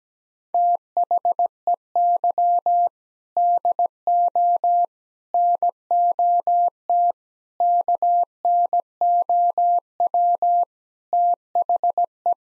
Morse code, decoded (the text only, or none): THEY DO NOT KNOW THE